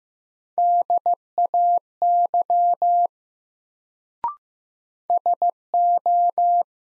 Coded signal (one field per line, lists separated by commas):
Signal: Morse code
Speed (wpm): 15 wpm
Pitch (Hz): 700 Hz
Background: none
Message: DAY SO